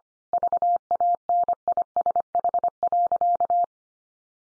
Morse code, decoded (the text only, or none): VANISH.